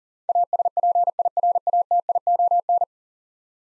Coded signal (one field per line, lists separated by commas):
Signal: Morse code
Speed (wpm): 40 wpm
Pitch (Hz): 700 Hz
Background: none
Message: ASPIRATION